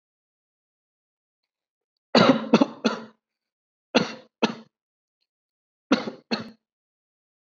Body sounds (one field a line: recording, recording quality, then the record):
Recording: shallow voluntary cough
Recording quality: excellent, no background noise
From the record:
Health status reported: COVID-19 positive, mild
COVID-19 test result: positive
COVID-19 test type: RT-PCR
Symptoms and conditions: cough, cold, muscle pain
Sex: male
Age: 25 years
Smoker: no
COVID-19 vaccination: both doses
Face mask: worn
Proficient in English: yes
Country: India